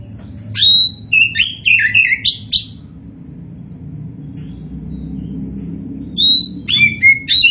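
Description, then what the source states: Oriental magpie-robin song: bursts of varied sweet whistles and slurred notes, a pause, then another rich phrase, over a steady low hum. A 'kacer poci' type magpie-robin described as 'gacor', the bird-keepers' term for a bird in full, continuous song.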